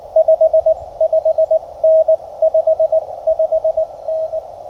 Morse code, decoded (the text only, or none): 55N 55N